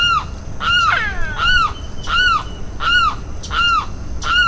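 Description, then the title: Limpkin calling with harsh, ringing, down-curved wails in a steady series, one followed by a falling rattle, over a low background rumble. "LuckyPassaro Completos2Sama. Limpkin (Aramus guarauna)"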